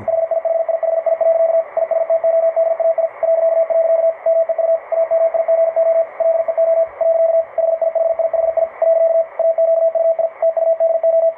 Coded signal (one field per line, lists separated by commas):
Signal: Morse code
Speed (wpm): 52 wpm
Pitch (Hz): 660 Hz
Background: radio noise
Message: HIHIHI. ISTO DAI .. MEU AMIGO LEO . HIHIHI . AQUI TUDO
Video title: QSO PY1LHL / PY2DNR CW IT'S A LIFESTYLE